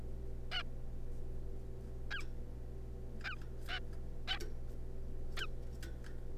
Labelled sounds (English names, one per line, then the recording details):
Zebra Finch
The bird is a juvenile
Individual R3549